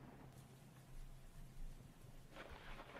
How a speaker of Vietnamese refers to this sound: Gió mưa ở bên ngoài mỗi lúc một to.